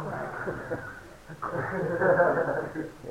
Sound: laughter

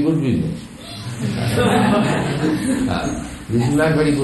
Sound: laughter

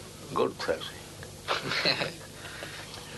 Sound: laughter

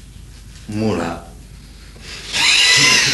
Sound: laughter

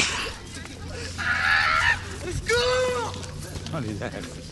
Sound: yelling increases

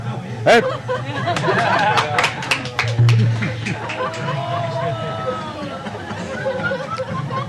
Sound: laughter, applause

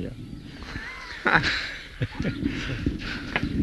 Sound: laughter

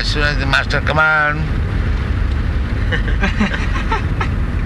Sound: laughter

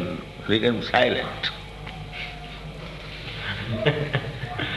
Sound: laughs

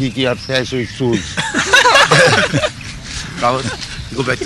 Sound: laughter

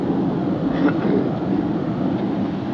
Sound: laughs

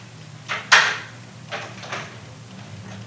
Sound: someone enters

